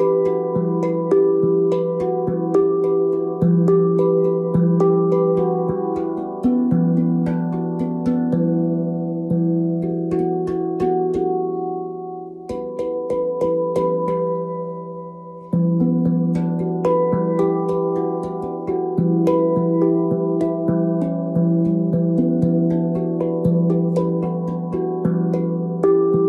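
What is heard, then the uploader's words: A hand pan is played in a steady, moderately quick pattern of struck notes, each ringing warmly in the low and middle range with a long shimmer. The playing thins and softens around the twelve-second mark, then resumes fuller at about fifteen seconds. Connecting to the beautiful sounds of hand pan.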